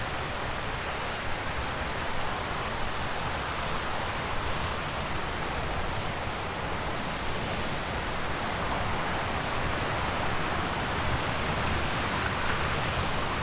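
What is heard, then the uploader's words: A rain-swollen stream crashes over rocks in a steady, dense roar that fills everything from deep rumble to bright hiss. The rush holds even throughout, with no pauses or distinct splashes standing out, only constant churning water. Walk beside a wild river tumbling from the hills. You're walking beside a stream swollen by rain, which tumbles through a wooded valley, crashing over rocks and weirs. Recorded by Fergus Collins.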